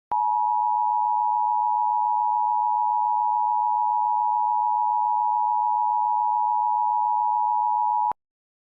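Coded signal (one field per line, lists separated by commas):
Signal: Emergency Alert System (SAME) tones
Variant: 853 and 960 Hz attention tone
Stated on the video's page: Fictional mini mock scenario, not a real alert.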